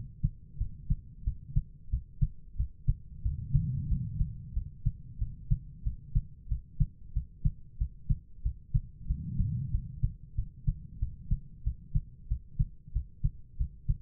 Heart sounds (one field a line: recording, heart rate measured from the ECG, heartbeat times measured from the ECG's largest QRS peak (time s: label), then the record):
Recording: heart sounds by stethoscope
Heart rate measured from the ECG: 92 bpm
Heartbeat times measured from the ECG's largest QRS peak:
0.57 s: heartbeat
1.23 s: heartbeat
1.89 s: heartbeat
2.55 s: heartbeat
3.21 s: heartbeat
3.87 s: heartbeat
4.52 s: heartbeat
5.17 s: heartbeat
5.82 s: heartbeat
6.47 s: heartbeat
7.12 s: heartbeat
7.77 s: heartbeat
8.41 s: heartbeat
9.06 s: heartbeat
9.70 s: heartbeat
10.34 s: heartbeat
10.98 s: heartbeat
11.62 s: heartbeat
12.27 s: heartbeat
12.92 s: heartbeat
13.56 s: heartbeat
From the record:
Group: healthy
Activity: cold pressor test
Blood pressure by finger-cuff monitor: 108/72 mmHg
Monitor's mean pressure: 87 mmHg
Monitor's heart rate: 92 bpm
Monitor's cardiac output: 6.4 L/min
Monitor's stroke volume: 69 mL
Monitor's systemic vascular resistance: 990 dyn s/cm5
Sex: female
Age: 43 years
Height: 160 cm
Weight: 90 kg